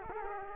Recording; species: mosquito wingbeat signal from an infrared sensor; Culex quinquefasciatus